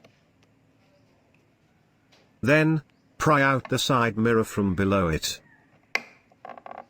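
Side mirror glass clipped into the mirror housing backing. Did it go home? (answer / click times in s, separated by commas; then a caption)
released / 5.9 s. Someone talks as a side mirror glass, clipped into the mirror housing backing, is pried out from below with a screwdriver. A sharp snap at 5.9 seconds marks the retaining clip behind the glass letting go, followed by a few fainter clicks. The clip is released.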